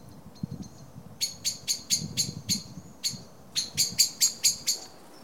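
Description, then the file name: Common blackbird calling in two loud bursts of ringing chink notes separated by a short gap, with faint high whistles before. "Turdus merula"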